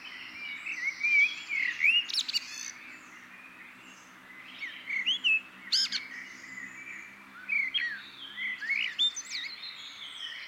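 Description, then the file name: Eurasian blackbird song, mellow whistled phrases followed by sharp squeaky high notes, in bursts with short gaps between them. "Turdus merula"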